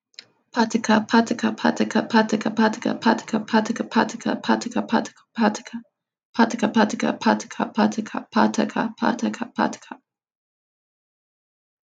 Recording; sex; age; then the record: repeated syllables /pa ta ka/; female; 20 to 29 years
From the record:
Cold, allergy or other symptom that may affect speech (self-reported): no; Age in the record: 29 years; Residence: United States